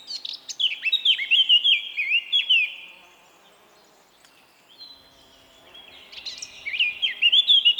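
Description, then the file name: Eurasian blackcap delivering two fast warbling phrases that ripple into fluting whistles, separated by a brief near-silent pause. "Sylvia atricapilla"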